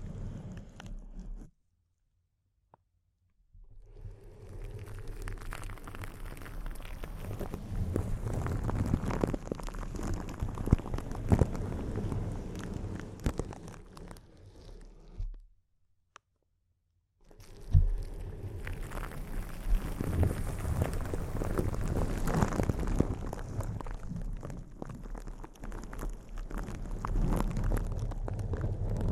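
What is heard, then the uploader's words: Dense, intense crinkling close up, a thick stream of rustling crackles with a low rumbling undertone. The texture is busy and uneven throughout, swelling and easing. It cuts out to silence twice, briefly near the start and again around the middle. ASMR Intense Close-Up Crinkles (No Talking).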